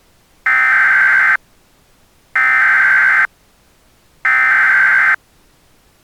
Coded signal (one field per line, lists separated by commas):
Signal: Emergency Alert System (SAME) tones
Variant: header bursts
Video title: EAS Scenario: A Tempestuous Tease